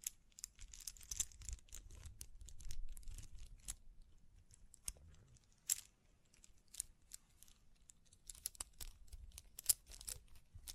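Quick, irregular tapping and scratching with crinkly brushing sounds, dense sharp clicks throughout over a soft low rumble that swells and fades.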